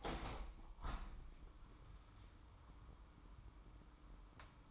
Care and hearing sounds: daily activity, microphone in the room; open window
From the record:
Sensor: 1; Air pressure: 998.2 hPa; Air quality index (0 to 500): 140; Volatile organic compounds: 4 ppm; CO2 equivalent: 1681 ppm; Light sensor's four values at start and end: 16/54/21/22 and 16/53/21/21

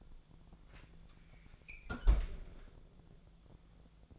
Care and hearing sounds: daily activity, microphone in the room; close fridge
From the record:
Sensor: 5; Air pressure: 1000.1 hPa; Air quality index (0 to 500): 108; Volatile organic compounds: 1 ppm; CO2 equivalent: 871 ppm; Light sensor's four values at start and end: 182/430/183/199 and 179/426/181/196

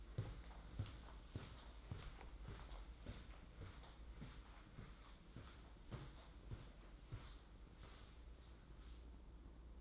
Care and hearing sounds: daily activity, microphone in the room; walk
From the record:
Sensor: 3

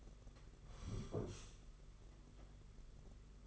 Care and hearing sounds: daily activity, microphone in the room; sit down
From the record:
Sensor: 4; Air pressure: 992.4 hPa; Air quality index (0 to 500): 120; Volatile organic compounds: 29 ppm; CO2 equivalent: 2936 ppm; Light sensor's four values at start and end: 20/72/26/28 and 20/72/26/28

